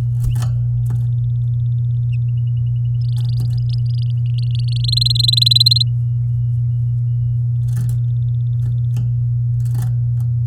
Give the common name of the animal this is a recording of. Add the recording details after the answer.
Domestic Canary. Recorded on 9 May 2018 at 12:38. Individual llb16